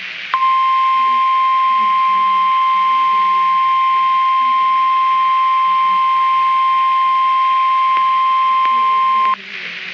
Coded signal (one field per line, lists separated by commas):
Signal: Emergency Alert System (SAME) tones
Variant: 1050 Hz attention tone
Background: speech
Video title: [Very Late] EAS#13 & 14 Wisconsin Statewide Tornado Watch & Warning Day Drill (Valid NOAA EAS Tones)